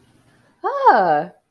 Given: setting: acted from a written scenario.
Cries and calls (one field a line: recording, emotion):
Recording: vocal sound without words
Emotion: positive surprise